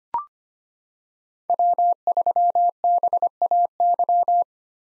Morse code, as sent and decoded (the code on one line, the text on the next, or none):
.-- ...-- -... .- -.--
W3BAY